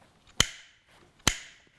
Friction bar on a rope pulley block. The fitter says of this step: clicks one wrap right there okay